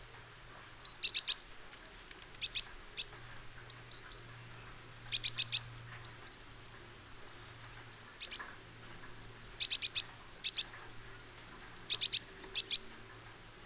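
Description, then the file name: Great tit giving repeated clusters of high, clipped chirps with occasional thin tsee notes, bursts of three to five spaced irregularly, faint low hum beneath. "Parus major"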